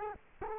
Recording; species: mosquito wingbeat signal from an infrared sensor; Culex quinquefasciatus